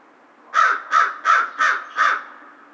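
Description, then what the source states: American crow calling five harsh, evenly spaced caws, each short and hoarse. Recorded on 2 March 2010.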